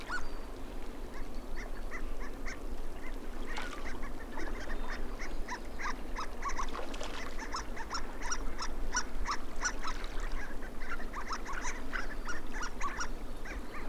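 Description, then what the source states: Harlequin duck calls, many brief mouse-like squeaks repeated rapidly and irregularly throughout, set against a constant roar of flowing water. Recorded in Greenland.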